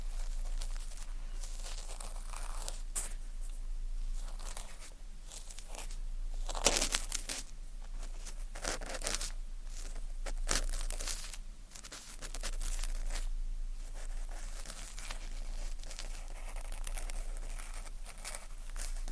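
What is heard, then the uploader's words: Close ear-cleaning sounds with sticky crinkling and crunching, a steady hiss underneath, and a bright spray-like burst near seven seconds. ASMR Tingly Tascam Triggers Ear Cleaning, Tweezers, Sticky Sounds, Spray Bottle (No Talking).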